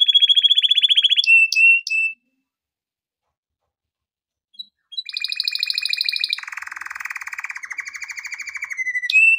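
Canary trilling rapidly with a few whistled notes, a pause of about three seconds, then more fast rolling and buzzy trills resume.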